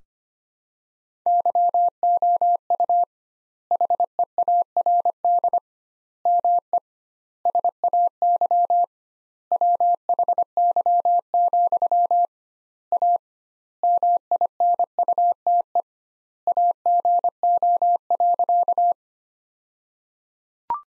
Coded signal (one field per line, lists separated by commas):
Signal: Morse code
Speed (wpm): 25 wpm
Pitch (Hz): 700 Hz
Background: none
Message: YOU HEARD ME SAY WHY, A MINUTE AGO.